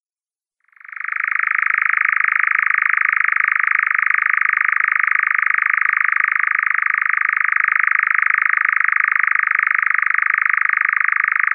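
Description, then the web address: European nightjar churring song: an unbroken, rapid, mechanical trill that starts abruptly and holds a steady pitch throughout. Male European nightjar giving its display song. "Schulze Peter Eurasian Nightjar male display"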